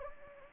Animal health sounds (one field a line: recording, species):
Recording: mosquito wingbeat signal from an infrared sensor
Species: Anopheles gambiae